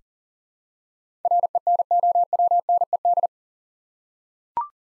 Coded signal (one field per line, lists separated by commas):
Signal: Morse code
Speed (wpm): 44 wpm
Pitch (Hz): 700 Hz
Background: none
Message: RENOWNED